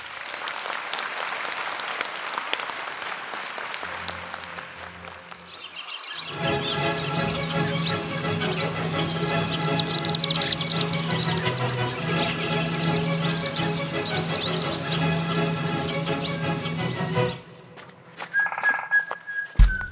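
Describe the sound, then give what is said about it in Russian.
A dense, continuous chorus of high, rapid chittering calls from many chimney swifts. It swells in for about ten seconds and then cuts off abruptly, over a steady low hum. “Выступают лауреаты международных премий «Дымчатые иглохвосты».”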